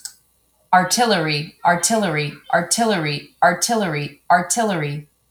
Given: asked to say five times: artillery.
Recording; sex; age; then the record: repeated word; male; 30 to 39 years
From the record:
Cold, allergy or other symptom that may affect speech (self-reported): no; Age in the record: 32 years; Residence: Washington, United States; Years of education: 16